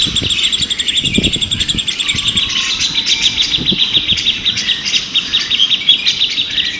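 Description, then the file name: Grey-cheeked Bulbul: songbirds chattering in dense, overlapping high phrases, with a rapid repeated series at first, plus low thumps and knocks underneath. Three birds in a simulated songbird contest. "audio simulasi lomba cucak jenggot trio omkicau"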